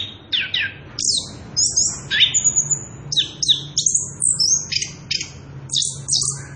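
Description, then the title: Orange-headed thrush delivering high, sweet whistled phrases with downward slurs and some long thin notes, in quick succession. Energetic continuous singing (ngerol) at high volume, used as a lure and training recording for young birds (trotolan). "Anis Kembang Gacor. pancingan anis kembang ngerol edan volume dasyattt cocok buat masteran trotolan"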